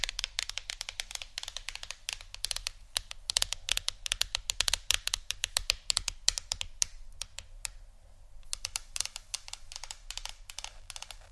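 Fingers tap on a phone or tablet screen in quick, irregular bursts of sharp clicks, dense through the first seven seconds, then thinning briefly before picking up again near the end. A low, steady hum runs underneath throughout.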